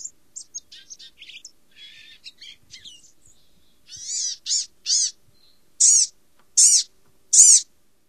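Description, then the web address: Blue-gray gnatcatcher song: thin, high scratchy notes at first, then a run of louder nasal, wheezy notes repeated at intervals of under a second toward the end. North America. "Songs of Birds of North America Stokes. Blue-gray Gnatcatcher"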